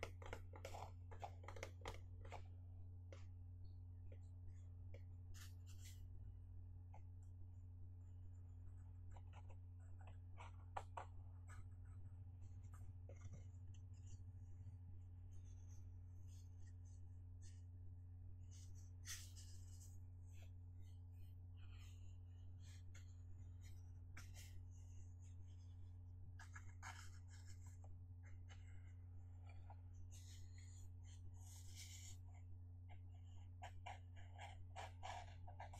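Fingers tap on a box in quick, irregular clusters of short, sharp knocks, some brighter and crisper than others, continuing across the whole stretch with brief pauses. A steady low hum sits underneath the entire time without changing.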